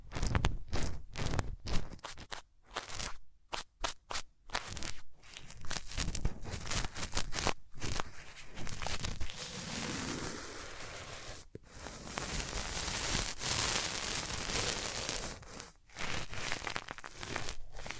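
Hands rub and brush over the ears, making dense crunchy, scratchy rustling that fills the whole range. The first five seconds are choppy, with quick bursts broken by brief silences; afterward the rubbing turns steadier and more continuous, with short pauses around 11 and 16 seconds.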